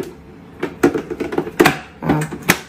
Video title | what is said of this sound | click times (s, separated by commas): Babyma Face-ல குடும்பக்கலை தாண்டவம் ஆடுது 😱சப்பாத்தி & காளான் gravy 😋 Mama with Babyma | lock ஆயிடுச்சு. | 2.5 s